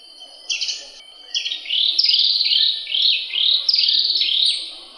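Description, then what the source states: Oriental magpie-robin song: two short buzzy bursts, then a run of loud swept whistles rising and falling in quick succession, over steady faint high tones. Continuous song, from a recording over an hour long.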